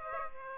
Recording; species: mosquito wingbeat signal from an infrared sensor; Aedes aegypti